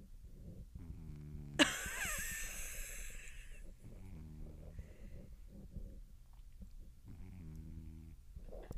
He snores so fucking loud. What a cat. So yeah, he's old, so he can snore if he wants to.